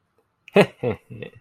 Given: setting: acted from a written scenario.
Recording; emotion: vocal sound without words; pride